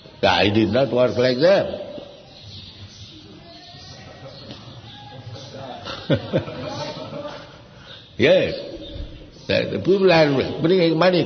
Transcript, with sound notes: So I did not work like them. (laughs) (laughter) Yes. The people are bringing money.